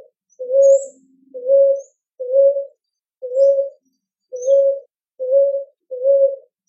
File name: Rolinha roxa